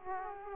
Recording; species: mosquito wingbeat signal from an infrared sensor; Aedes aegypti